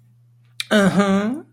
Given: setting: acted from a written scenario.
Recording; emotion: vocal sound without words; elation